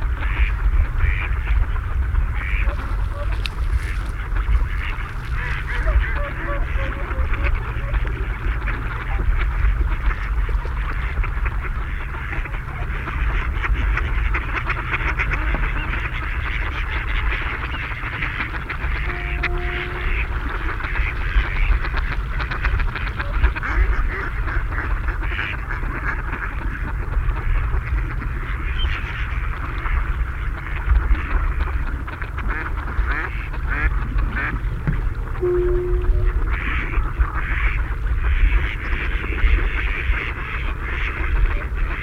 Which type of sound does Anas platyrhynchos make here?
call